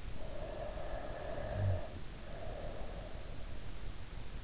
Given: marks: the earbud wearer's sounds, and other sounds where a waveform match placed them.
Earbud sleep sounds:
sounds in sleep by an in-ear microphone; breath
0.11-3.60 s: breath

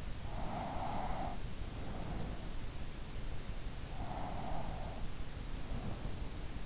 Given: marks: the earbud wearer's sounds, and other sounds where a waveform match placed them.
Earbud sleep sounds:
sounds in sleep by an in-ear microphone; breath
0.02-2.89 s: breath
3.62-6.59 s: breath

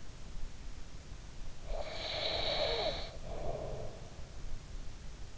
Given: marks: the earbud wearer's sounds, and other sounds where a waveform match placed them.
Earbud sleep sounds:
sounds in sleep by an in-ear microphone; breath
1.68-3.98 s: breath

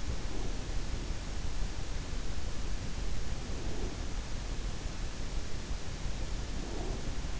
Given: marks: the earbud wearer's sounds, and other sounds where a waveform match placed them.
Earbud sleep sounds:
sounds in sleep by an in-ear microphone; breath
0.00-0.77 s: breath
3.36-4.20 s: breath
6.46-7.37 s: breath

